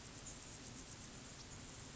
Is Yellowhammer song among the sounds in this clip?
no